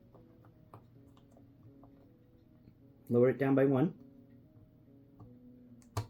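A plastic tube section on a toy playset fortress is lowered by one ratchet notch in its adjustable column to shorten it, since two clicks set it too tall. Someone talks briefly over a faint, steady tonal background with a few soft ticks. A sharp plastic click at 6.0 s confirms it has seated one notch down.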